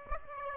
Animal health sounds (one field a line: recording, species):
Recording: mosquito wingbeat signal from an infrared sensor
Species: Aedes aegypti